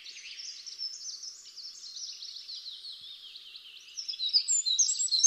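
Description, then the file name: Eurasian wren pouring out a fast, high-pitched run of tight trills and chattering notes, growing louder toward the end. "Troglodytes troglodytes"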